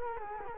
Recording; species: mosquito wingbeat signal from an infrared sensor; Culex quinquefasciatus